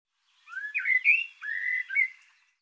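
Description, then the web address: Bird song: a smooth whistled phrase of linked slurred notes that rise and fall, delivered once without background sounds. Labelled 'Tu Me Tu Me'. "cianscape birddata Deverinetal 2025 Bird Tu Me Tu Me"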